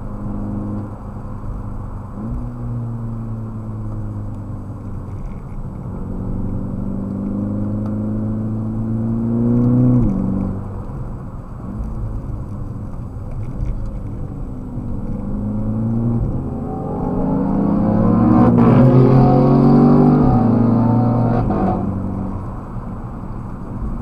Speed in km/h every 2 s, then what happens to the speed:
76, 66, 66, 61, 70, 66, 49, 42, 54, 78, 96, 86.
0-3 slows to 66. 3-9 steady at about 66. 9-13 brakes to 42. 15-20 speeds up to 96. 20-24 slows to 86.